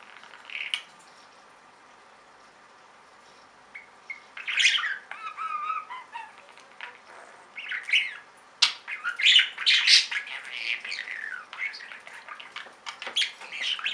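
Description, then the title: Budgerigar chatter, quiet at first, then bursts of raspy warbling, squawks and a few clear whistled notes that come in irregular clusters. "Budgie Sounds"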